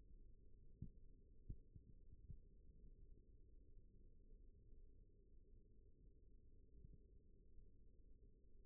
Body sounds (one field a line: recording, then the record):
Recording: forearm muscle sounds (acoustic myography)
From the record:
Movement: rest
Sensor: system 1, eight BSWA MPA416 microphones around the upper forearm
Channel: 2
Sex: male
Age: 42 years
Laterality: right